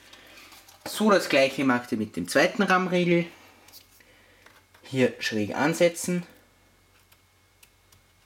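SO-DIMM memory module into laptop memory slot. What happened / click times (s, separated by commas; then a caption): The module is positioned at an angle with no latch click yet / none. Someone talks while the second Corsair Vengeance 1600MHz SO-DIMM memory module from a 16GB kit is set at an angle into the memory slot of a MacBook laptop and lined up before being pushed in and pressed down. Only a few light ticks are heard around 3.7, 4.5, 4.8, 7.1, 7.6 and 7.9 seconds, and nothing has seated or clicked yet.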